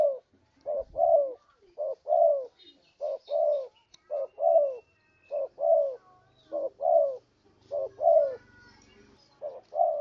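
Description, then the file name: Spotted dove cooing in paired notes, short then long and falling, repeated steadily, with faint twittering birds and a low rumble in the background. "tekukur"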